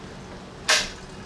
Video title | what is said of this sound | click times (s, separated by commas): GOTRAX GXL V2 Rival Folding Electric Scooter 15.5MPH & up to 12mile Range | Oh, it just locked into place. | 0.7 s